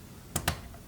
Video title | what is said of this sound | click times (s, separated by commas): Ford Fiesta/Focus DPS6 Power Shift Automatic Transmission Oil Change - The Fixit Shed | when you're putting the vent back in, that you press it down until it clicks back into place. | 0.4 s, 0.5 s